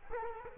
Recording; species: mosquito wingbeat signal from an infrared sensor; Culex quinquefasciatus